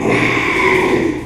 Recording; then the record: squeal of a Yucatan mini pig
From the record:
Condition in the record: after surgery on the right vocal fold (resection and tissue-engineered implant); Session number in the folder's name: 1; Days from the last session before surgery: 6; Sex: male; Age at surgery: 12 weeks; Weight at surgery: 13 kg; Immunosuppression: cyclosporine, prednisolone